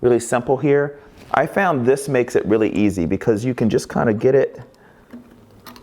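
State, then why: Seated. Someone talks while using a pick with a 45-degree angle to get under the small retaining clip of the modeling lamp in a Profoto D1 studio strobe head. After the talking stops there is a quiet lull, then a short sharp click at 5.8 s as the clip pops in and locks into place, seating the new modeling lamp.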